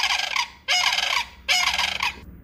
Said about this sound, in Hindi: सैंडहिल crane, Betsy ने कहा। जल्दी करो, चलो उनकी आवाज़ का पीछा करते हैं। वे दिन के अंत में नाले के पास उतरते हैं।